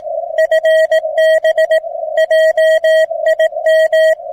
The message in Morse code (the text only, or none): FB JIM